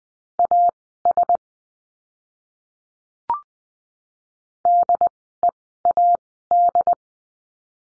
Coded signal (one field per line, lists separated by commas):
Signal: Morse code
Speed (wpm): 20 wpm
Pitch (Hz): 700 Hz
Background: none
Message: AS DEAD